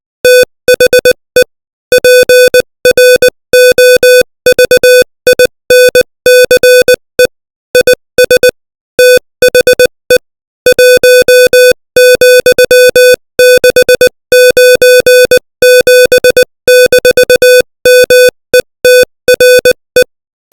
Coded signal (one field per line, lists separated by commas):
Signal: Morse code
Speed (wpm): 20 wpm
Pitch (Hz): 500 Hz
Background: music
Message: THE PROVINCE IS THE 1,697-METRE